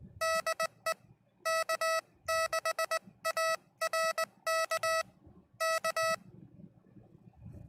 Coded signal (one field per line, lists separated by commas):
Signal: Morse code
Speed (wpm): 19 wpm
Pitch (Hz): 1300 Hz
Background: none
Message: DE K6ARK K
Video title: Learning MORE CW! Morse Code Practice with other YouTubers